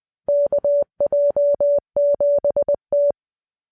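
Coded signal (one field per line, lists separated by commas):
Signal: Morse code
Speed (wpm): 20 wpm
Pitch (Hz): 2150 Hz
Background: none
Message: KJ7T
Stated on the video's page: Morse code clip made with a Morse Code Translator for a podcast.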